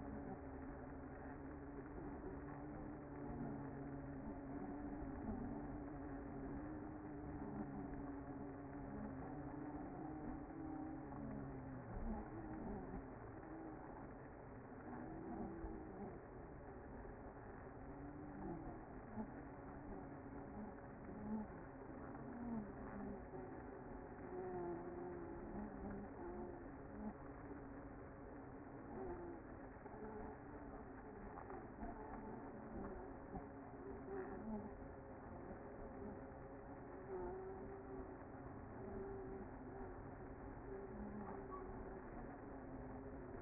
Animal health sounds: honeybee colony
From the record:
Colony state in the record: active

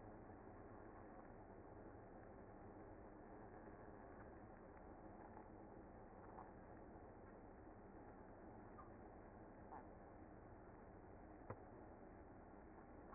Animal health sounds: honeybee colony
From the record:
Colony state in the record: active

